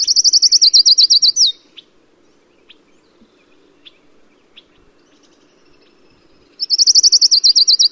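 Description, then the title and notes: Colima warbler song: a fast, bright trill of repeated notes lasting about one and a half seconds, ending in a down-slurred note, then repeated after a long pause. Recorded in the Chisos Mountains of Big Bend National Park, the only place the species is said to be found. "Only found in the Chiso mountains of Big Bend NP, This is the Colima warbler"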